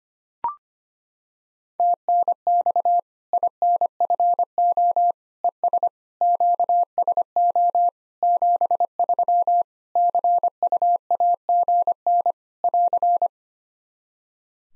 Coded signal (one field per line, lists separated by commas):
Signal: Morse code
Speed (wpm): 25 wpm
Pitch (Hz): 700 Hz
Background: none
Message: TNX INFO ES QSO 73 CUAGN <AR>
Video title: Practice QSO - Exchange 4- Ending - 25wpm